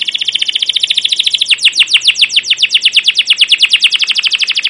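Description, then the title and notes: Canary song of fast, even, repeated chirps, the notes sweeping downward and growing slightly slower and louder midway through the phrase. Captive canary with long, emotional, chattering song used as a training lure (pancingan/masteran) to teach young canaries to sing. "CUIT CUIT NGEROL LANGSUNG GACOR PANJANG Kenari Ini AMPUH Utk Pancingan KENAR. PANCINGAN Kenari GACOR PANJANG Cuit CUIT EMOSI ini AMPUH utk MASTERAN Kenari PAUD belajar BUNYI. burung kenari"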